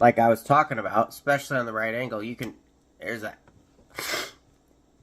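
Someone talks while handling a folding utility knife, swinging its blade holder toward the right-angle detent position, followed by two brief bursts of sound near 3.0 and 4.0 seconds. Nothing has seated or clicked yet.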